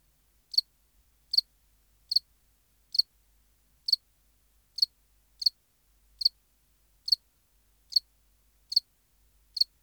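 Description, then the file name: House cricket with clear shrill chirps repeated about every 0.8 seconds, steady rhythm, no other sounds. "Acheta domesticus"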